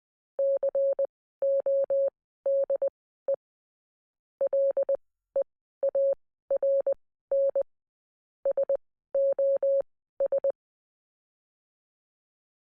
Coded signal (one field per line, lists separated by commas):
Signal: Morse code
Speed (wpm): 20 wpm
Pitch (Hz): 550 Hz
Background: none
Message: CODE LEARN SOS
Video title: Q36 | Can you read morse code?